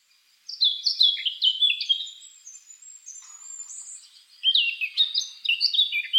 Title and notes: Eurasian blackcap. Черноголовая славка by deepsweet